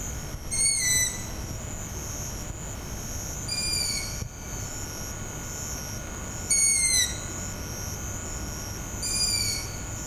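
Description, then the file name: Long-eared owl calls, short high squeaky notes sliding downward, given about every three seconds over a steady high-pitched hiss and low rumble. "torahuzuku"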